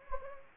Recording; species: mosquito wingbeat signal from an infrared sensor; Anopheles gambiae